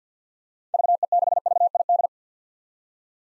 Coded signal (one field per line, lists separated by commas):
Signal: Morse code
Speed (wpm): 47 wpm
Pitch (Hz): 700 Hz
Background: none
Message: VE6VID